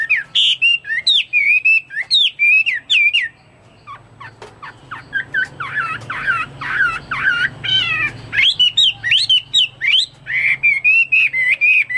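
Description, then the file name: Chinese hwamei singing loud, rich whistled phrases, rising and falling notes repeated quickly, a brief pause, then softer varied notes and more rapid whistles. "omkicau hwamei"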